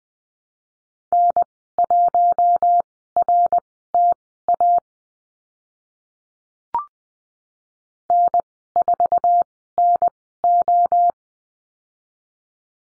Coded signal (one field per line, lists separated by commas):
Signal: Morse code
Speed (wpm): 20 wpm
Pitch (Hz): 700 Hz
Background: none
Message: N1RTA N4NO